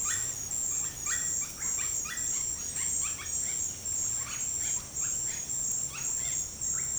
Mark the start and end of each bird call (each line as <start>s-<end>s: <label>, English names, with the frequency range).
0.00s-6.98s: Russet-backed Oropendola (0.7-5.6 kHz)